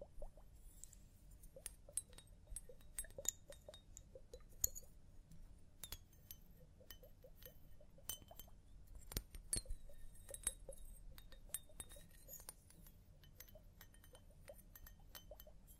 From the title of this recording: Scalp Massage, Hair Wash